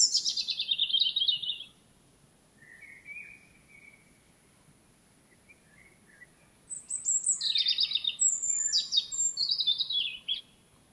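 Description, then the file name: European robin song: a high, thin descending phrase with a buzzy trill, a soft warbled pause, then a burst of sliding, tumbling high notes. "Erithacus rubecula"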